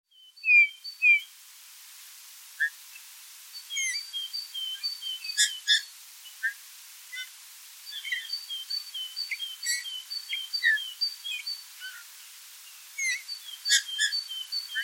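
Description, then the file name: Eurasian bullfinch calls, brief whistled and downslurred notes repeated at uneven intervals, mixed with high clipped chirps and a few louder bursts, against low constant hiss. "Pyrrhula pyrrhula"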